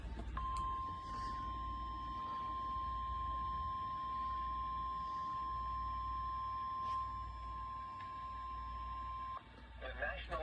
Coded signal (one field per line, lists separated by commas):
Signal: Emergency Alert System (SAME) tones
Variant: 1050 Hz attention tone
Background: speech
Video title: [EAS] Severe Thunderstorm Warning 6/14/24